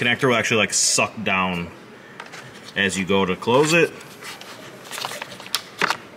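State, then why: Seated. Someone talks while a wiring harness connector is pushed onto the engine ECU of a DE5 Integra Type-S or FL5 Civic Type-R, and the connector pulls down as its locking lever is closed. Soft rubbing and scraping are followed by a cluster of sharp clicks, with the lever clicking into place at 5.5 s and the connector seated.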